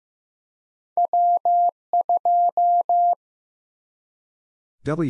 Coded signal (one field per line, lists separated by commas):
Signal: Morse code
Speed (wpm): 15 wpm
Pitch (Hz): 700 Hz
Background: none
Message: W2